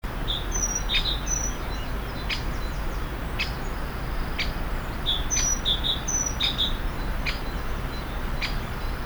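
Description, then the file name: Great tit giving scattered high chirping calls, a few early and a denser cluster after five seconds, with steady low-pitched background noise throughout. "Parus major"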